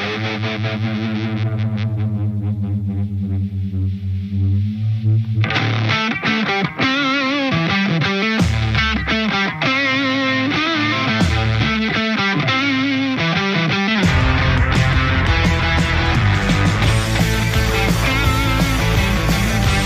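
A band plays a dense, distorted rock track: a sustained, effects-heavy intro swells before the full band kicks in around five seconds with driving drums, and the mix grows louder near the end.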